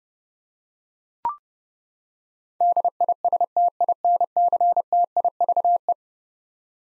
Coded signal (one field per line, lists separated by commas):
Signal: Morse code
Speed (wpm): 32 wpm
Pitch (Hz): 700 Hz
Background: none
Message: DISTINCTIVE